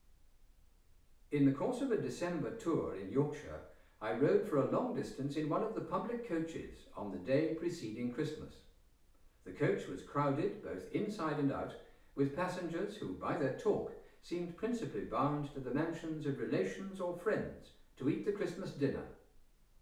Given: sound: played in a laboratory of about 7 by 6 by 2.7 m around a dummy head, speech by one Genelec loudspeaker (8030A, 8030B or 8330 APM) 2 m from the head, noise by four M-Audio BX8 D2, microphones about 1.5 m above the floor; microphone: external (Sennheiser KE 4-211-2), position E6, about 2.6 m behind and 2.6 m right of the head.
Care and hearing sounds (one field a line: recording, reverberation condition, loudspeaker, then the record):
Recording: male speech in English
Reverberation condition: medium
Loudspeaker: 60 degrees to the left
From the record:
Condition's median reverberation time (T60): about 510 ms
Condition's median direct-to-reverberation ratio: about -0.5 dB